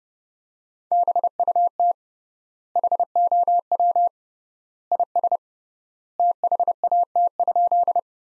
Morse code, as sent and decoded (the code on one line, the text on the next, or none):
-... ..- - / .... --- .-- / .. ... / - .... .- - ..--..
BUT HOW IS THAT?